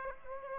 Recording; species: mosquito wingbeat signal from an infrared sensor; Aedes aegypti